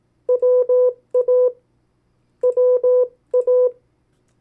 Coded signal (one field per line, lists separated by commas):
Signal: Morse code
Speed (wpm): 18 wpm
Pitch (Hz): 500 Hz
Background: none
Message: WA WA